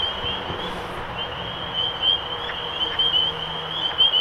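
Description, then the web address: Spring peeper: frog chorus of high, overlapping peeps continuing throughout, with a brief faint hiss early on. Recorded 23 March 2012. "rob animals Peepers-2012-0323"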